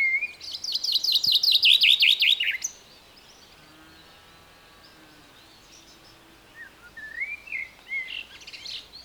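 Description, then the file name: Common chaffinch song, a fast descending trill of about two and a half seconds ending abruptly, then quiet before scattered whistled notes return. "Fringilla coelebs"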